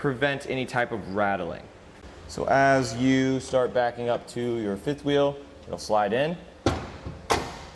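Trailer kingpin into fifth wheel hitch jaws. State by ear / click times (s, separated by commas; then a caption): seated / 6.7 s. Someone talks as a trailer kingpin slides into the one-piece steel jaws of a Demco Hijacker Autoslide fifth wheel hitch head on a 2021 Chevrolet Silverado 2500; the jaws wrap 360 degrees around the kingpin to prevent rattling. At 6.7 s the jaws snap closed around the kingpin with a single thud, and the kingpin is seated.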